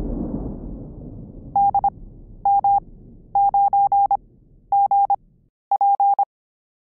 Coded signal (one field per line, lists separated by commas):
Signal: Morse code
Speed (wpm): 25 wpm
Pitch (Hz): 800 Hz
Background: none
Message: DM9GP